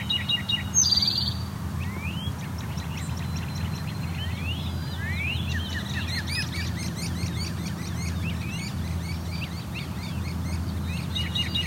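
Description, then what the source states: Great crested flycatcher calls: a harsh buzzy burst, then several upslurred whistled wheeps followed by a dense run of chirps, over steady low background rumble. Several birds fighting, up to four present; Dundas Valley, Hamilton, Ontario; area acoustically urban, affected by surrounding population.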